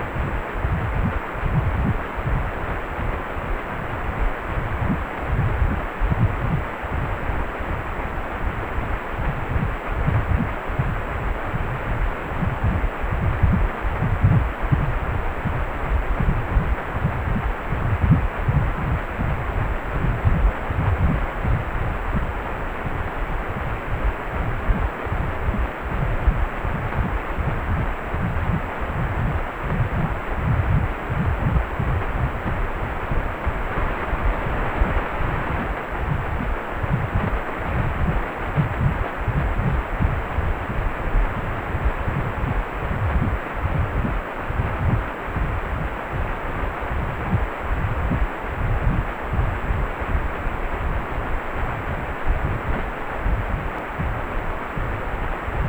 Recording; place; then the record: Doppler ultrasound of blood flow; precordium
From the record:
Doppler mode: pulsed wave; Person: healthy adult, 18 to 50 years, no heart murmur, not diving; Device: 2.5 MHz transducer